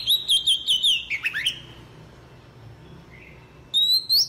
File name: tieng chich choe